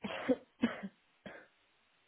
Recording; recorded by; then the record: voluntary cough; telephone call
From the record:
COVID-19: negative